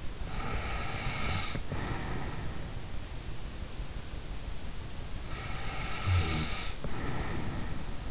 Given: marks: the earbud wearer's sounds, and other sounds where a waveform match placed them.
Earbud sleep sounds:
sounds in sleep by an in-ear microphone; snoring breath
0.24-2.70 s: snoring breath
5.18-8.11 s: snoring breath

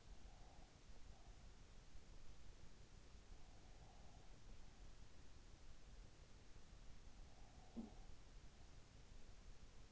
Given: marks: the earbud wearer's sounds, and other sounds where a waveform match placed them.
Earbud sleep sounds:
sounds in sleep by an in-ear microphone; breath
0.00-1.62 s: breath
3.57-4.38 s: breath
7.29-8.54 s: breath

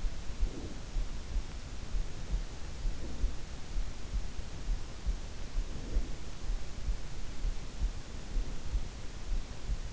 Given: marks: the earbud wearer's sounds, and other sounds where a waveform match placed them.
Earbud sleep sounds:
sounds in sleep by an in-ear microphone; breath
0.00-1.15 s: breath
2.63-3.97 s: breath
5.45-6.55 s: breath
8.02-9.23 s: breath

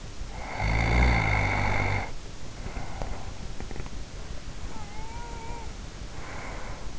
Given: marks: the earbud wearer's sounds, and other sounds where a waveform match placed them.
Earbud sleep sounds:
sounds in sleep by an in-ear microphone; snoring breath, breath
0.47-4.07 s: snoring breath
4.72-6.98 s: breath

